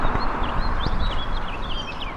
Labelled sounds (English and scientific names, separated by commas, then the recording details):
House Finch (Haemorhous mexicanus) song
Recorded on Long Island, New York, on 17 May 2012
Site LB
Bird A